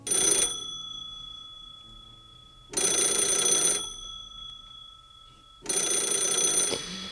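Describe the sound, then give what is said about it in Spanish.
An old landline telephone bell rings in three loud, jangling metallic bursts, each about a second long, separated by pauses of roughly two seconds, with no voices present. “Es un sonido que no tiene que ver con los teléfonos móviles actuales, un sonido así.”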